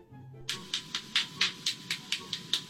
This Swedish man is cracking. 46 joints. He has broken a Guinness World Record.